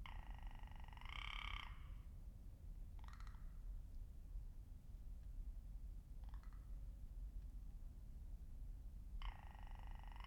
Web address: 2019 04 13 lewitt lct 540 s and rock ptarmigan